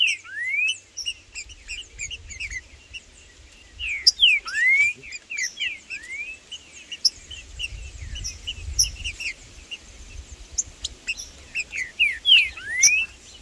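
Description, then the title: Green-winged saltator phrases of clear upward-swinging whistles repeated every few seconds, with scattered chips and a soft low rumble. Wild free-living trinca-ferro singing in the bush, 'macheando' (male display singing) in a dispute with rivals; birds named Blindado and Tufão. "Trinca Ferro no MATO Cantando e Macheando muito com Solto! Blindado e Tufão no mato"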